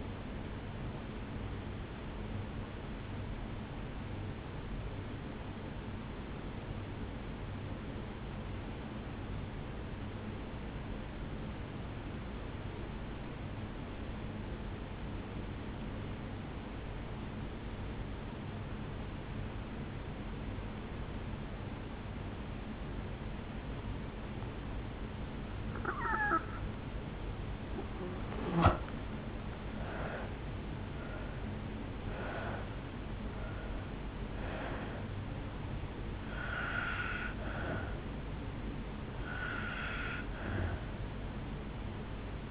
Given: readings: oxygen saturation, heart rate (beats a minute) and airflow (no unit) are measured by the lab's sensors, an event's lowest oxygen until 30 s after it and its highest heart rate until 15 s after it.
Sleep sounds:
breathing in sleep by a voice recorder at the bedside; 1
3.00-25.10 s: obstructive apnea (N1, oxygen 97% highest, then 81% lowest, heart rate 51 at the start, 73 highest)
From the record:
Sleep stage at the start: N1 (lightest sleep); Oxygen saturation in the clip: 81 to 97%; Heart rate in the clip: 51 to 73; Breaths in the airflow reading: 7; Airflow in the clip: -13.2 to 5.4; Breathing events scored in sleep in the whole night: 449 in 7.0 hours asleep

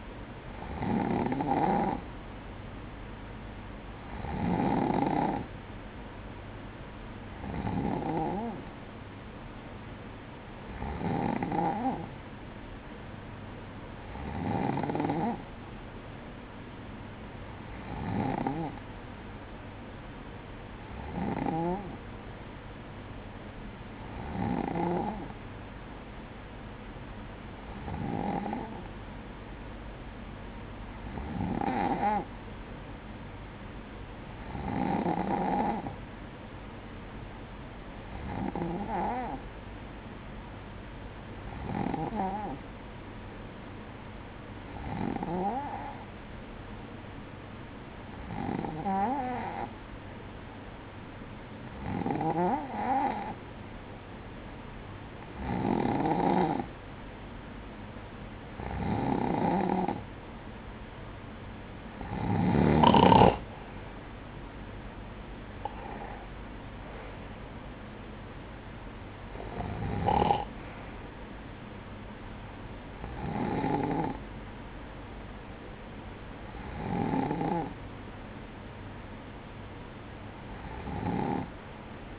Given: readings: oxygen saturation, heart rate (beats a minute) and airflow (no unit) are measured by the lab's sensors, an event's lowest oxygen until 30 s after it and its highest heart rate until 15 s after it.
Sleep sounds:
breathing in sleep by a voice recorder at the bedside; none
none scored
From the record:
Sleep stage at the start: N2 (light sleep); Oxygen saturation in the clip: 93 to 95%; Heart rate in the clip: 54 to 64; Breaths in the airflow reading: 24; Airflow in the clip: -11.1 to 8.6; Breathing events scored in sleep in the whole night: 180 in 6.7 hours asleep

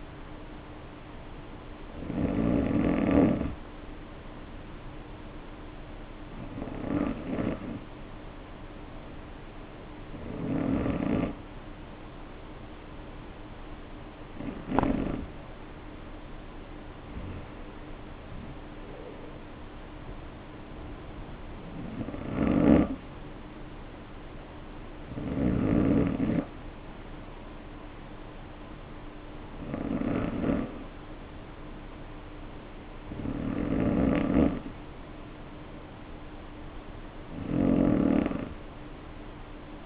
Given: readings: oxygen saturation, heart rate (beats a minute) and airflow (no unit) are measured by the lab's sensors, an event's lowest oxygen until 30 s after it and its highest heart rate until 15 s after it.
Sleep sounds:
breathing in sleep by a voice recorder at the bedside; 1
4.00-18.00 s: hypopnea (N2, oxygen 94% highest, then 92% lowest, heart rate 54 at the start, 61 highest)
From the record:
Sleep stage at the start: N2 (light sleep); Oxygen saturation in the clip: 91 to 94%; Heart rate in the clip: 52 to 61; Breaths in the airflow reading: 10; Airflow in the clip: -3.0 to 2.4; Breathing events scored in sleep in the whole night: 520 in 7.2 hours asleep

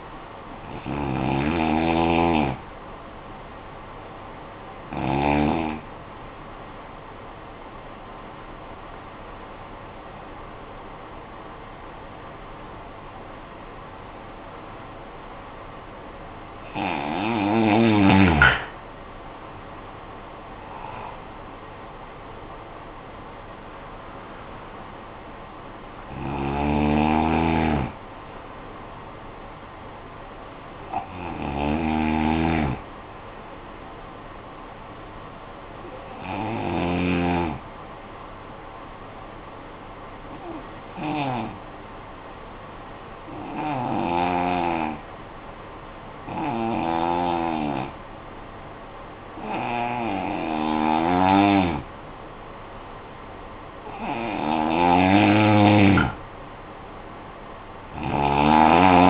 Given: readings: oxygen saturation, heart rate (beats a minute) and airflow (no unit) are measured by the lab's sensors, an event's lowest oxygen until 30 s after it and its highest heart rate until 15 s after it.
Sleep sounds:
breathing in sleep by a voice recorder at the bedside; 2
9.00-19.90 s: obstructive apnea (N1, oxygen 96% highest, then 84% lowest, heart rate 54 at the start, 73 highest)
39.00-54.30 s: hypopnea (N1, oxygen 96% highest, then 87% lowest, heart rate 49 at the start, 58 highest)
51.00-59.10 s: new sleep stage, N2 (light sleep)
From the record:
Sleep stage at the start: N1 (lightest sleep); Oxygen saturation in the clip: 84 to 96%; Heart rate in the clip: 48 to 73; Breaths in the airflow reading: 12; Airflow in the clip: -10.7 to 12.9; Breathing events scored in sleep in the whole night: 445 in 7.6 hours asleep

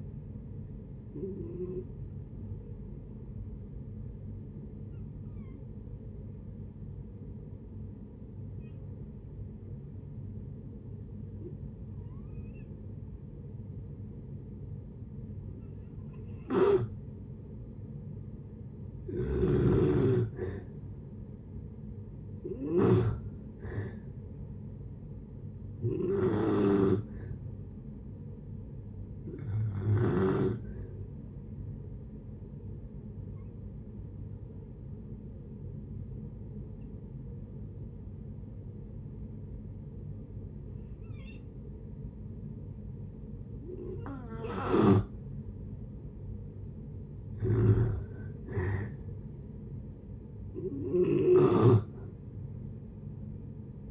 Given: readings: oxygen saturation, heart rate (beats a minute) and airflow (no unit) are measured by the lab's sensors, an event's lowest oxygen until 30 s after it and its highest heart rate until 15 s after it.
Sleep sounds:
breathing in sleep by a smartphone at the bedside; 2
4.00-19.80 s: hypopnea (N2, oxygen 95% highest, then 88% lowest)
30.00-47.80 s: hypopnea (N2, oxygen 95% highest, then 88% lowest)
From the record:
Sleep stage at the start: N2 (light sleep); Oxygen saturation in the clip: 85 to 96%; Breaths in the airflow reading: 15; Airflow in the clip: -7.4 to 6.7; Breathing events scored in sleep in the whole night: 496 in 5.4 hours asleep

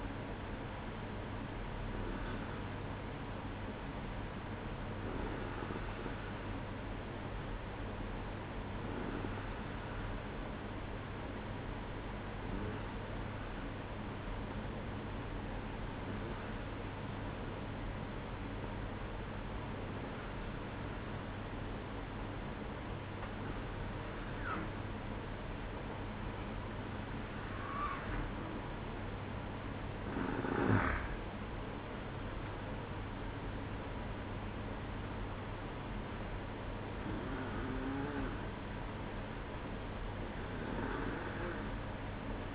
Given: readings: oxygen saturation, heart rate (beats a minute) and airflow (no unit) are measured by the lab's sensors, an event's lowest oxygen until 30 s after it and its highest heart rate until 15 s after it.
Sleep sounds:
breathing in sleep by a voice recorder at the bedside; 1
7.00-29.00 s: hypopnea (N2, oxygen 94% highest, then 92% lowest, heart rate 61 at the start, 67 highest)
34.00-42.55 s: new sleep stage, N1 (lightest sleep)
From the record:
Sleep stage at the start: N2 (light sleep); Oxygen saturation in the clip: 92 to 94%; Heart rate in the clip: 59 to 67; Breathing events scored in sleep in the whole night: 305 in 9.6 hours asleep

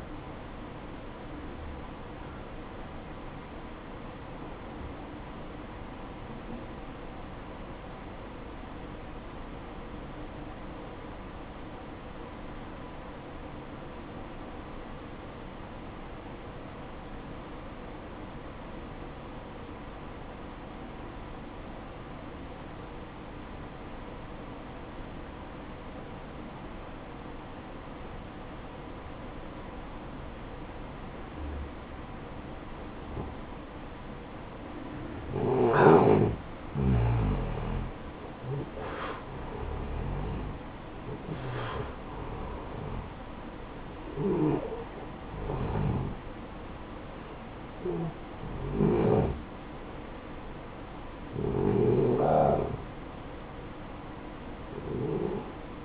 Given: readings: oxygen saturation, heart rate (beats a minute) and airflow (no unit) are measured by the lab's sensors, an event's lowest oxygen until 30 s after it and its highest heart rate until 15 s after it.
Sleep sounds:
breathing in sleep by a voice recorder at the bedside; 1
5.00-33.80 s: obstructive apnea (N1, oxygen 94% highest, then 89% lowest, heart rate 61 at the start, 65 highest)
From the record:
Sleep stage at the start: N1 (lightest sleep); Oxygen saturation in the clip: 87 to 94%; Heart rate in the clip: 55 to 65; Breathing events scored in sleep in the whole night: 573 in 9.8 hours asleep

